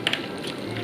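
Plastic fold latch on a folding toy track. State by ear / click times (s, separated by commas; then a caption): seated / 0.1 s. A plastic fold latch on a folding plastic toy race track, folded up into storage mode, is pressed until it clicks shut so the fold locks. Two sharp plastic clicks are heard at 0.1 s and 0.1 s over a quiet background, and the latch is seated.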